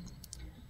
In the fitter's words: cukup bagus. Dia terkunci dengan baik.